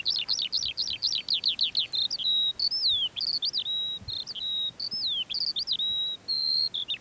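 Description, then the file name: Lark song starting with a rapid series of looping high chirps, then spaced whistled slurs and steady held notes. Perched on a post; recorded 19 June 2021 at 09:48. "2021-06-19-09 48 18-lark-on-post"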